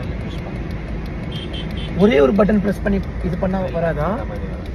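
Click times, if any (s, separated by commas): none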